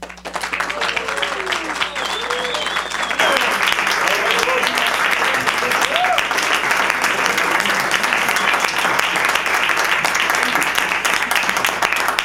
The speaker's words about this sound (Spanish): Bueno, ya saben, ya escuchan lo nutrido de este aplauso, y es que sí, el coro viene cada mes a esta emisora universitaria a brindarnos todos los repertorios que tienen, que son bastante amplios.